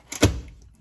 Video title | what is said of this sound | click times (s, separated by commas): 35’s on a Stock 2019 Ram 3500 Dually | You heard it click in. | 0.1 s